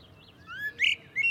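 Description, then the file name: Common blackbird, a brief phrase of sliding whistled notes with a louder squeaky twitter near the end. "Turdus merula"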